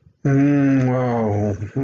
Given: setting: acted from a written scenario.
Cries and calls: vocal sound without words; romantic love

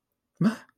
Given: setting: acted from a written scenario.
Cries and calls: vocal sound without words; negative surprise

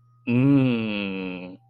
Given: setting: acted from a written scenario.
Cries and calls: vocal sound without words; desire

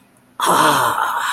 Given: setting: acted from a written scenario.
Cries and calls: vocal sound without words; relief

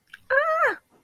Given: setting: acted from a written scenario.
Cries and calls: vocal sound without words; fear

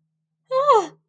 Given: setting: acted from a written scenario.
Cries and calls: vocal sound without words; negative surprise

